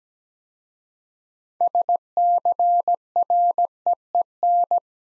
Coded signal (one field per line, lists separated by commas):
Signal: Morse code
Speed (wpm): 17 wpm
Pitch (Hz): 700 Hz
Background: none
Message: SCREEN